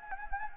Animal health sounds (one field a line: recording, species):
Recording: mosquito wingbeat signal from an infrared sensor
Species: Anopheles gambiae